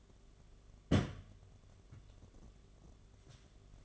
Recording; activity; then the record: daily activity, microphone in the room; place on stove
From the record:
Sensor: 4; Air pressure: 1011.1 hPa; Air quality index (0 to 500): 144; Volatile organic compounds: 3 ppm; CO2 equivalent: 1474 ppm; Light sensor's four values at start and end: 189/493/209/217 and 191/496/210/219